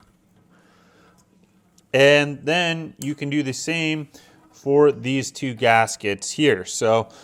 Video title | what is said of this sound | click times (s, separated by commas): Bathroom Faucet Installation (Step By Step) | okay make sure it clicks in there and then | 1.8 s